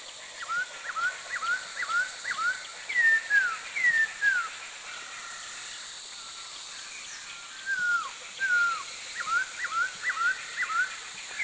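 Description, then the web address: Chestnut-backed laughingthrush calls: bursts of hooked whistles and falling slurred notes in quick runs, a pause, then more runs, over steady background hiss. Recorded in India. "India other Chestnut-backed LT"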